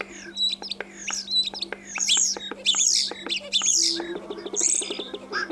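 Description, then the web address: Common starling song: a dense, varied jumble of clicks, high whistles and squeaky chatter with no steady rhythm, over a faint low steady hum. "vogelstimmen star xenocanto"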